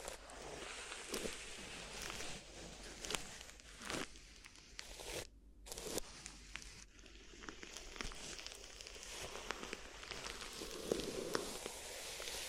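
Crinkly rustling fills most of the clip, a dense, bright crackle of material being handled with frequent sharp snaps. Near five seconds it drops out for a brief moment of near silence, then the crinkling resumes, with louder crisp pops toward the end.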